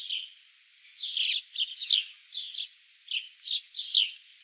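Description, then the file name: House sparrow calls: several rough, scratchy chirps in short separated bursts. "Passer domesticus"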